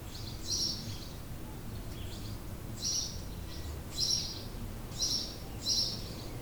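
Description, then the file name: House sparrow giving short chirps about a second apart, with low background rumble. Recorded in 2008. "Haussperling 2008"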